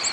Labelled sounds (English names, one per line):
Ovenbird flight call